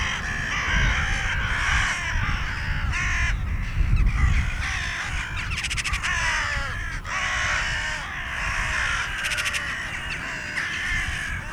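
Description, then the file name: Carrion crow giving many harsh, overlapping caws over a steady low rumble. "Corvus corone"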